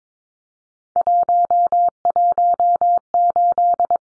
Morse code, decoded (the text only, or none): 118